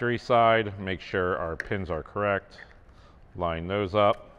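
Radio wiring harness connectors are handled at the back of a Soundstream WHD14+ head unit in a 2014+ Harley-Davidson Touring motorcycle fairing, while someone talks through lining up the pins. Only speech and faint handling noise are heard, with no distinct clicks. Nothing has seated or locked in yet.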